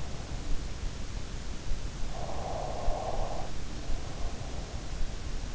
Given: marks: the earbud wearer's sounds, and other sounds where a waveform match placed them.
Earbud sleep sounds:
sounds in sleep by an in-ear microphone; snoring breath, breath
0.19-0.72 s: snoring breath
1.75-5.10 s: breath
3.39-4.10 s: snoring breath

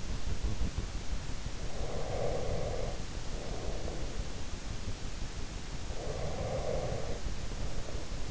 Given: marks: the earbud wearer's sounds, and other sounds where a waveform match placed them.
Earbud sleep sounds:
sounds in sleep by an in-ear microphone; breath
1.48-4.58 s: breath
5.97-8.31 s: breath

